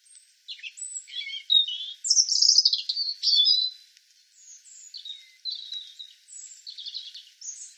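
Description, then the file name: European robin song, a stream of varied high, thin, warbling phrases with brief trills and short whistles, louder in the first half. "Erithacus rubecula"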